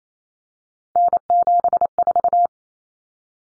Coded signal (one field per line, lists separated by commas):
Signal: Morse code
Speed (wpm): 28 wpm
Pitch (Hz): 700 Hz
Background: none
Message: N74